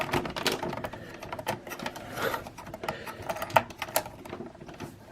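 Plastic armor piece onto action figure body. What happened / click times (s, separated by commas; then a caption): The plastic piece snapped into place / 3.6 s. Someone works a plastic armor piece onto the body of a large King Arts 1/9 HulkBuster (Iron Man Mk44) plastic action figure, with rustling plastic handling and small ticks as it struggles to go all the way in. A sharp plastic snap at 3.6 s marks the piece pushing home, and it ends up seated.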